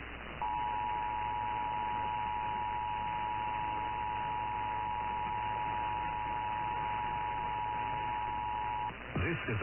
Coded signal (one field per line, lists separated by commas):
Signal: Emergency Alert System (SAME) tones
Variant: 853 and 960 Hz attention tone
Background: speech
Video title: Monthly Tests Madness (EAS #6942-7018) 6/27-28/22